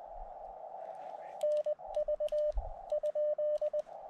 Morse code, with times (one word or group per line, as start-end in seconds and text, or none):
1.4-2.5 NV
2.9-3.8 ?